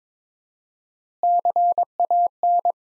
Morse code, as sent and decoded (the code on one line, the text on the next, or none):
-.-. .- -.
CAN